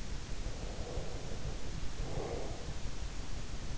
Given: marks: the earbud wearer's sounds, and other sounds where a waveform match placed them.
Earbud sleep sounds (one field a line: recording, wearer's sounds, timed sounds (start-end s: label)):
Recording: sounds in sleep by an in-ear microphone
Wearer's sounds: breath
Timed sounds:
0.31-2.90 s: breath